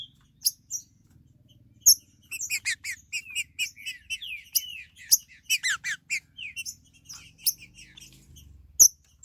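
Green-winged saltator giving a dense burst of crisp, harmonic chip notes and slurred whistles after a few scattered sharp notes, ending with sparse clicks.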